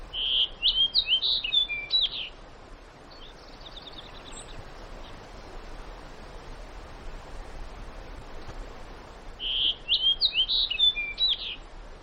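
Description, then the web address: Bird song: two bright, varied phrases of whistles and chirps, one at the start and one near the end, with a faint thin trill between them over low hiss. Recorded in Alaska on 19 June 2012 at 09:28. "alaska acoustic highlights BIRDS DENAPOL 2 20120619 092801"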